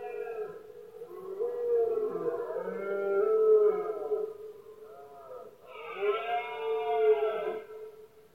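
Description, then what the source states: Red deer bellows, sustained moaning calls overlapping one another, one higher and brighter call starting midway and lasting about two seconds. Male red deer bellowing during the rutting season, known in Spanish as berrea or brama, heard especially at night in Spain; soundscape.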